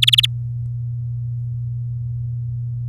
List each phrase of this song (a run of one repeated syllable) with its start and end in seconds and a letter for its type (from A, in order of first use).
0.02-0.26 A